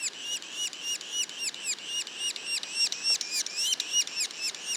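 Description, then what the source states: Yellow-bellied sapsucker juvenile calls: harsh, downslurred nasal notes repeated rapidly, almost four per second, in a steady chattering series. Juveniles; Mont-Orford National Park, Quebec.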